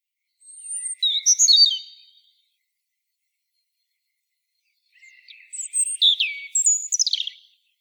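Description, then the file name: European robin delivering two separate phrases, separated by a few seconds of silence, each a quick mix of thin high whistles and rippling trills. "Erithacus rubecula"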